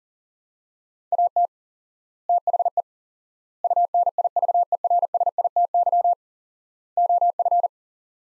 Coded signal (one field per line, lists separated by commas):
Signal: Morse code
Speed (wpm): 40 wpm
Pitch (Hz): 700 Hz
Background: none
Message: AT THE UNIVERSITY OF